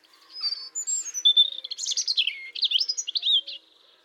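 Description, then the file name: European robin song: a varied phrase of thin high whistles sliding into rapid warbling trills and twittering notes, lasting about three seconds before fading. "Erithacus rubecula"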